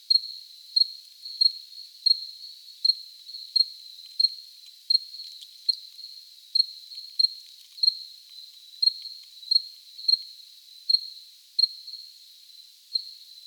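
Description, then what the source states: Cricket giving a continuous high trill with accented chirps repeated roughly every half second to second. Recorded close up.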